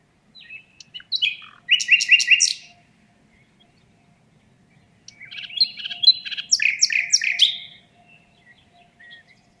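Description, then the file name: Common nightingale song in two loud phrases of rapid trilled and rattling notes, with near-silent pauses between them. "Luscinia megarhynchos"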